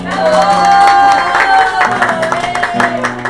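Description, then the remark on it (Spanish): An audience breaks into loud, sustained clapping mixed with cheers and whoops, a dense wash of hand claps with high voices rising over it for a few seconds, applauding to vote for one of two competing pairs. “Aplausos por Lucía y la muerte.”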